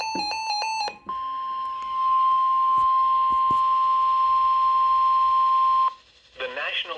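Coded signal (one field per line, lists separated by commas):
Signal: Emergency Alert System (SAME) tones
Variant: 1050 Hz attention tone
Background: speech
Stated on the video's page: Severe weather alerts from a NOAA weather radio transmitter before it went off air for AWIPS upgrades.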